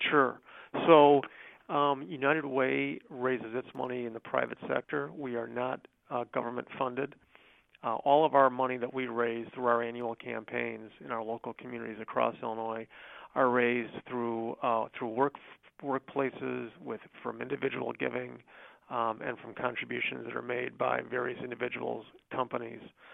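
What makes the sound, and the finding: Adult speaker. Ordinary speech.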